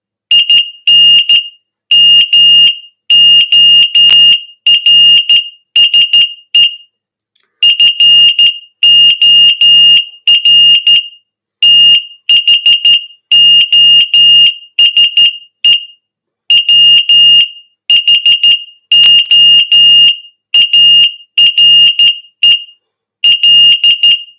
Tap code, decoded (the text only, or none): none